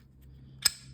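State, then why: Seated. While reassembling a Heckler & Koch HK4 pocket pistol, a steel part is worked back into the pistol frame. A single sharp, bright metallic click sounds at 0.7 s over a low steady background hum. The part snaps into place and is seated.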